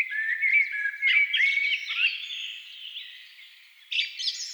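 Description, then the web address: Thrush song: fluid, slurred whistled and warbled phrases that fade, then a brighter burst of higher notes. Thrushes at dusk. "agykontroll A természet hangjai Rigók szürkületkor"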